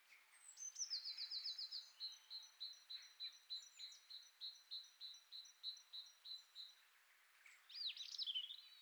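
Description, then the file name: Great tit calls: a quick buzzy burst of notes, then a long run of high, even notes repeated about three times a second, ending in a brief jumbled phrase. "Parus major"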